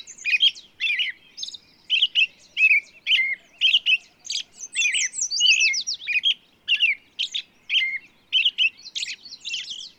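Bird song: a rapid, varied stream of high chirps, trills and slurred whistles in short bursts, with a faint low pulsed series underneath.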